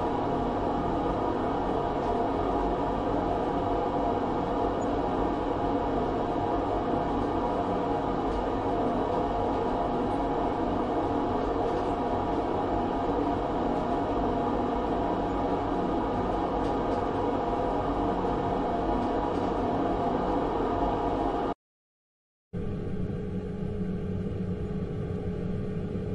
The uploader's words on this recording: Fan sounds, constant fan sleep sounds.